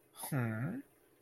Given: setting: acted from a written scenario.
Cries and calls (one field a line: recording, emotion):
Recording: vocal sound without words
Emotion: interest